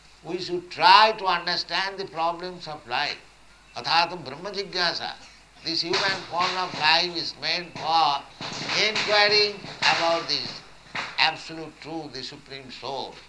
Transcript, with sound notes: we should try to understand the problems of life. Athāto brahma jijñāsā. [loud noise of firecrackers] This human form of life is meant for inquiring about this Absolute Truth, the Supreme Soul.